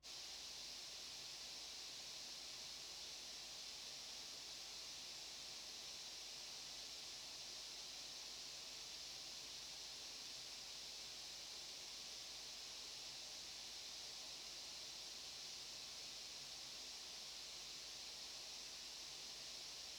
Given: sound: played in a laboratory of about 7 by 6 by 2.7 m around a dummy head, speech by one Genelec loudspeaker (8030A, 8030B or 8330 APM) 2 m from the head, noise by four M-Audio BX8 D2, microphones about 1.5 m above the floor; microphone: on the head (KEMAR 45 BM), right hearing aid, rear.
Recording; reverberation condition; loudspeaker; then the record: white noise; low; four, about 170 cm from the corners of the room and facing them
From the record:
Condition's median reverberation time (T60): about 310 ms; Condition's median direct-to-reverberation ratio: about 3.5 dB